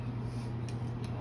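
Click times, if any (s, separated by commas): 0.7 s, 1.0 s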